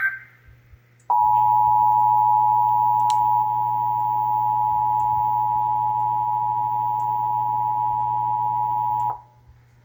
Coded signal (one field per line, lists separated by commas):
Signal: Emergency Alert System (SAME) tones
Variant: 853 and 960 Hz attention tone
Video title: (EAS #821-825) April 2025 Texas Required Monthly Test